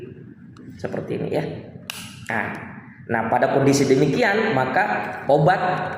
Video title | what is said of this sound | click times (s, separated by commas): Cara Menggunakan Obat Inhaler (Turbuhaler & Diskus) | tuas ini yang kita akan geser ke bawah seperti ini sampai bumi klik | 0.6 s